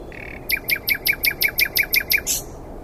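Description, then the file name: Common nightingale: a soft, steady whistle, then about ten quick, evenly spaced throbbing notes, ending in a harsh buzzy flourish. "Luscinia megarhynchos"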